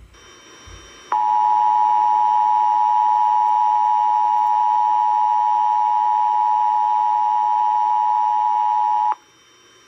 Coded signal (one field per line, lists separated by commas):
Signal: Emergency Alert System (SAME) tones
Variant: 853 and 960 Hz attention tone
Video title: Alot of tests and one FFW. EAS Alerts from 8/17/22